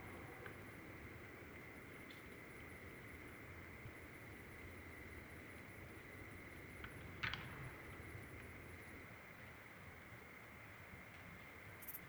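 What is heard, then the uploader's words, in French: A distant river fills the background with a steady, even rush, low and dense throughout. An insect holds a thin, constant high whine over it, and a few short sharp calls break through near seven seconds, with faint ticking high up at the end. Drôme - Mixpr3 - Binaural - 2Xmkh8020. Trois mâles qui se confrontent régulièrement. La rivière Drôme au loin marque le fond sonore et quelques insectes et même des Loirs gris sont encore actifs.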